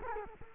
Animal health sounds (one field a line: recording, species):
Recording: mosquito wingbeat signal from an infrared sensor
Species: Culex quinquefasciatus